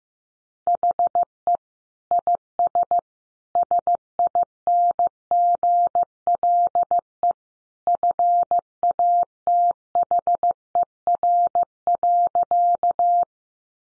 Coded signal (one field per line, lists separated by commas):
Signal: Morse code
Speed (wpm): 15 wpm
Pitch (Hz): 700 Hz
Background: none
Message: HE IS SINGLE FATHER.